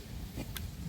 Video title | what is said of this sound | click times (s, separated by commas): 자동차 백미러 파손 및 고장 2만원이면 손쉽게 고치는 방법 | 라킹 딱 딱 소리 나게 소리 났어 어 소리 났어 | 0.6 s